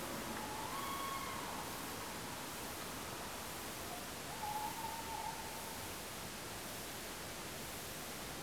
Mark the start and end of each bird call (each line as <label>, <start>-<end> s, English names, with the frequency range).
Tawny Owl (0.8-3.5 kHz), 0.35-1.73 s
Tawny Owl (0.5-0.9 kHz), 3.90-4.02 s
Tawny Owl (0.7-1.0 kHz), 4.28-5.75 s